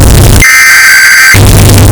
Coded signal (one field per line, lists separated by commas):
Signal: Emergency Alert System (SAME) tones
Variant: header bursts